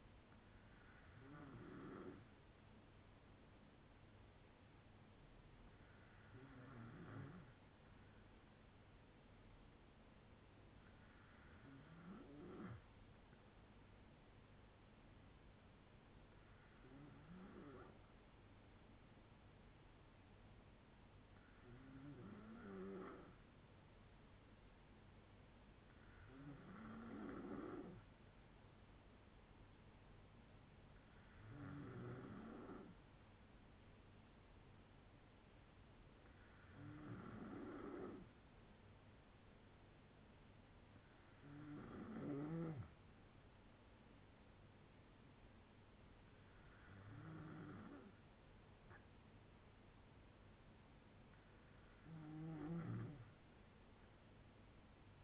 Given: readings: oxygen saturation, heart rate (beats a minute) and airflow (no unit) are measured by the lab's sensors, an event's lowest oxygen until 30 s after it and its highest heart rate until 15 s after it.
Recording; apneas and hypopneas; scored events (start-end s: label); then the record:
breathing in sleep by a voice recorder at the bedside; none
none scored
From the record:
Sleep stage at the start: N2 (light sleep); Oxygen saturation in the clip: 92 to 95%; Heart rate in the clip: 57 to 66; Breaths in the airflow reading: 11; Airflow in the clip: -6.0 to 5.3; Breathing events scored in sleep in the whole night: 182 in 7.4 hours asleep